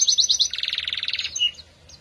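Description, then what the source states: Atlantic canary song: a brief burst of rapid high notes sliding into a fast, even rolled trill lasting about a second, then one short whistle. F1 canary; therapy recording played to a canary that has stopped singing, to get it singing again.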